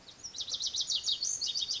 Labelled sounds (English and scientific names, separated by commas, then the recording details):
Lazuli Bunting (Passerina amoena)
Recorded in Sonoma County, California